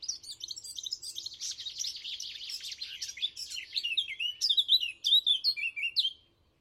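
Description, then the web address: Eurasian blackcap song: a scratchy, hurried warble giving way to louder, fluty whistled phrases that end cleanly. "chant didier collin fauvette a tete noire"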